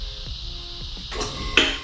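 A steel safety lock latch on a two-post car lift column engages as the lift is moved a little more, giving a sharp, loud metallic click at 1.6 s over a steady low hum and some brief rustling noise. The safety lock clicks into place and is seated.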